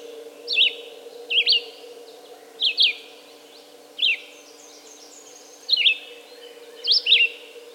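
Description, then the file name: Red-eyed vireo delivering short whistled phrases in a steady series, slurred up and down, with a soft constant hum behind. "red-eyed vireo song by jonathon jongsma"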